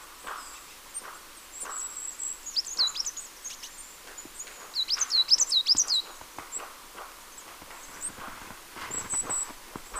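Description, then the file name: Marsh tit calling, scattered high thin notes building into a rapid series of sharp descending chirps, with a few faint clicks and rustles beneath. "Poecile palustris"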